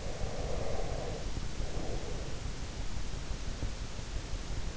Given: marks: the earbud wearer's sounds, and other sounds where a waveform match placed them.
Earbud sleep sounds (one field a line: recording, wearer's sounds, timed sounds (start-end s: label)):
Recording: sounds in sleep by an in-ear microphone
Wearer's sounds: breath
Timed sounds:
0.00-3.14 s: breath